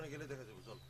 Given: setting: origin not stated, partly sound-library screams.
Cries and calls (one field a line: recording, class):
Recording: one-second piece from a danger detection set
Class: normal situation